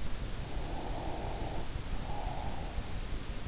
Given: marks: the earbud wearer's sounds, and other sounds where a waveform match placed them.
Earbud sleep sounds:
sounds in sleep by an in-ear microphone; breath
0.16-3.23 s: breath

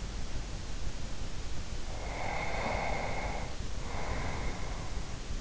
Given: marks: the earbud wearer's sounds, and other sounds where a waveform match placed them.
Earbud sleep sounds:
sounds in sleep by an in-ear microphone; breath
1.81-5.24 s: breath

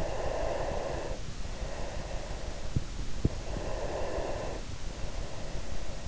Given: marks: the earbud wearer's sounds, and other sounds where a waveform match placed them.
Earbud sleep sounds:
sounds in sleep by an in-ear microphone; breath
0.00-2.60 s: breath
3.51-5.97 s: breath

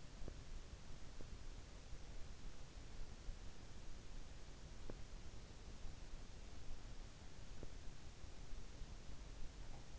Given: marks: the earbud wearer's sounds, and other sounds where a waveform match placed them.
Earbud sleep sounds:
sounds in sleep by an in-ear microphone; teeth grinding
0.00-1.56 s: teeth grinding
4.77-5.17 s: teeth grinding
7.45-7.85 s: teeth grinding

